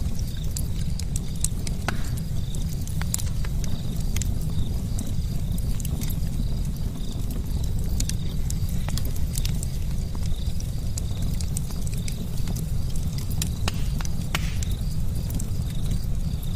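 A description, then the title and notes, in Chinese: An outdoor fire burns with a steady, dense low roar from start to finish. Sharp crackles and pops break out irregularly over it, some louder ones near 2, 9 and 14 seconds. A faint high whine runs quietly underneath. 1小时户外烤火声丨白噪音。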